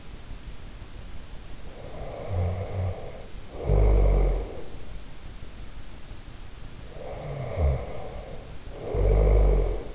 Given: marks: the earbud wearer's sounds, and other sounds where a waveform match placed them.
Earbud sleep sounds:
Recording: sounds in sleep by an in-ear microphone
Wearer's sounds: snoring breath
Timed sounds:
1.75-4.83 s: snoring breath
6.78-9.95 s: snoring breath

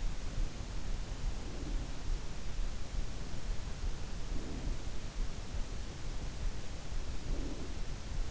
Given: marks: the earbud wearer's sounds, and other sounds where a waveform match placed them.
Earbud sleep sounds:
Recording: sounds in sleep by an in-ear microphone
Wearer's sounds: breath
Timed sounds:
1.20-2.20 s: breath
3.87-5.29 s: breath
7.09-8.05 s: breath

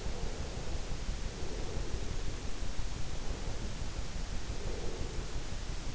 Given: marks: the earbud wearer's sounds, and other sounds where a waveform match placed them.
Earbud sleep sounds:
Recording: sounds in sleep by an in-ear microphone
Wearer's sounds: breath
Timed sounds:
0.01-2.34 s: breath
3.36-5.33 s: breath

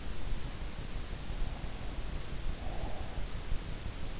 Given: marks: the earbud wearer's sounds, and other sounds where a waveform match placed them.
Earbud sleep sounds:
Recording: sounds in sleep by an in-ear microphone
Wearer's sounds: breath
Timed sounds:
2.46-3.62 s: breath

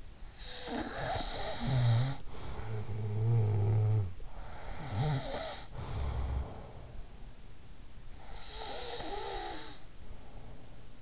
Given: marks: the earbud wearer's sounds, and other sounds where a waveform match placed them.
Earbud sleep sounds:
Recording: sounds in sleep by an in-ear microphone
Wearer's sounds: snoring breath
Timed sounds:
0.00-4.23 s: snoring breath
4.36-7.13 s: snoring breath
8.23-11.02 s: snoring breath

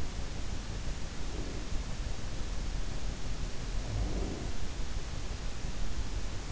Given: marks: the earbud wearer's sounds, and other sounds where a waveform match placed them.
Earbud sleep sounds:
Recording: sounds in sleep by an in-ear microphone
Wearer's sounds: breath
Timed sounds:
0.91-1.98 s: breath
3.85-4.66 s: breath

